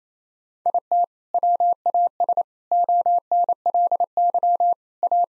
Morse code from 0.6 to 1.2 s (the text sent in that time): IT